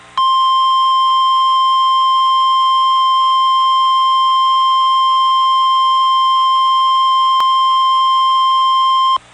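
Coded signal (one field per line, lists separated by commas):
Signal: Emergency Alert System (SAME) tones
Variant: 1050 Hz attention tone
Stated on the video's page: NOAA Weather Radio required weekly tests from stations in Memphis and Nashville, Tennessee.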